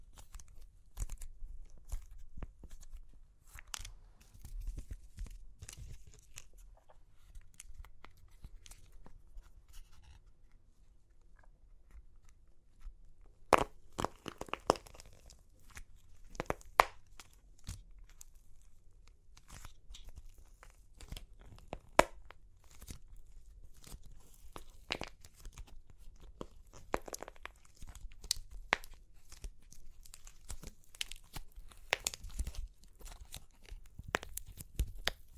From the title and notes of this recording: Super Crunchy Clay Cracking (No Talking).